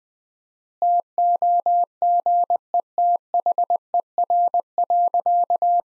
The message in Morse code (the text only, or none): TOGETHER.